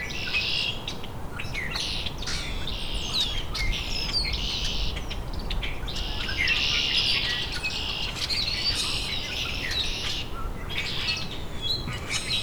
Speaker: blackbird singing from exactly where he landed before, just in some dogwood.